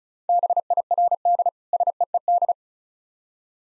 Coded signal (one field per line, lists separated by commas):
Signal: Morse code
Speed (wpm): 36 wpm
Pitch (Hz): 700 Hz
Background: none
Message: BIRD SEED